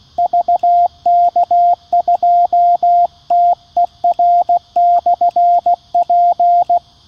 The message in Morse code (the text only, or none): VK2TER/P